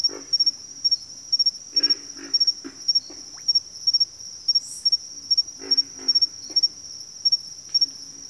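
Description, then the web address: Pig frog grunts, low piggy grunts given in short clusters of two or three, over a steady high-pitched pulsing insect chorus. Bayou habitat; more than one frog. "Echoes of Nature - Bayou 02 Pig Frogs"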